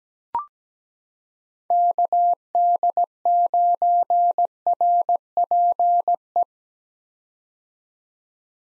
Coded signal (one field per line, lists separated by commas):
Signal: Morse code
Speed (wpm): 17 wpm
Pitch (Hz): 700 Hz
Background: none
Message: KD9RPE